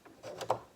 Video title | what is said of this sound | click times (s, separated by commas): 100 Days of Sewing -- Day 17 -- Taking the Fear out of Buttonholes | and that must be behind and clicked into place | 0.5 s